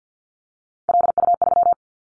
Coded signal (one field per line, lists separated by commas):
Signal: Morse code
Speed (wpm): 49 wpm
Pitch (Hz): 700 Hz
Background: none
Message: LU3